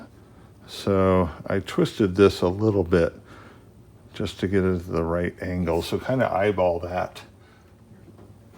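A breather hose end with a plastic quick-connect fitting is twisted to the right angle and lined up with the port of a Radium oil catch can on a GR Corolla while someone talks. No sharp sounds stand out over the voice and faint background noise. The fitting has not clicked or seated on the port yet.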